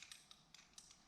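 A small screwdriver presses a metal seal retaining clip down into its groove inside a GPZ Turbo motorcycle fork tube; the clip holds the oil seal in so it does not come out as the fork blade works up and down. Light, high-pitched metallic ticks and scrapes come at about 0.0, 0.1, 0.3, 0.5, 0.8 and 0.9 seconds over a quiet background. Nothing has clicked or seated yet.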